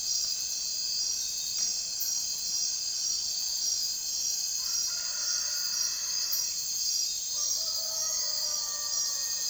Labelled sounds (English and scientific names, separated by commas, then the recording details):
none
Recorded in secondary vegetation near Puerto Asís, Putumayo, Colombia, on 23 June 2025 at 03:00
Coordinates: 0.498, -76.327
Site GP09